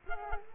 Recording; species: mosquito wingbeat signal from an infrared sensor; Culex quinquefasciatus